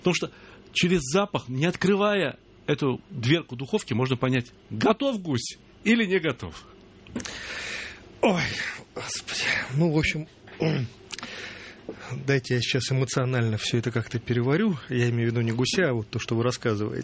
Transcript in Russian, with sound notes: Потому что через запах, не открывая вот эту дверку духовки, можно понять готов гусь, или не готов. (вздыхает)
Ой, Господи! Ну, в общем, гм… Дайте я сейчас эмоционально всё это как-то переварю, я имею в виду не гуся, а то, что Вы рассказываете.